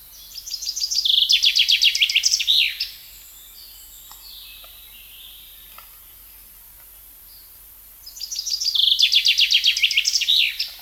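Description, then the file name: Common chaffinch, two loud songs separated by a pause, each a run of sharp repeated notes ending in a flourish, with soft bird calls between. "Fringilla coelebs"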